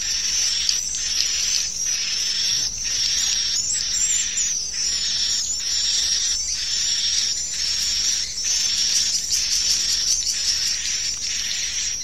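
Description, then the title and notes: Swiftlet chorus of high, thin chirps with faint pulsing, and a burst of rapid clicks in the later seconds. Swiftlet sound used in swiftlet bird farming in Asia. "Swiflet Bird Sound. Farming Swiflet Bird asia sound"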